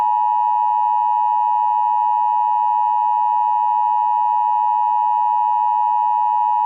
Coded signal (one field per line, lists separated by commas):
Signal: Emergency Alert System (SAME) tones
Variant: 853 and 960 Hz attention tone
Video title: The Blob. EAS Scenario